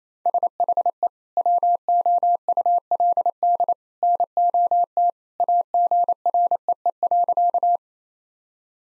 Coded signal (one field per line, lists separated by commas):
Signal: Morse code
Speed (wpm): 28 wpm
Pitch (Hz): 700 Hz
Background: none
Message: SHE WOULD NOT AGREE.